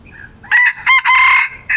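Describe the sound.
Red junglefowl crow, loud and raspy, split into short choppy syllables with a longer strained middle note, and a fresh burst starting at the end.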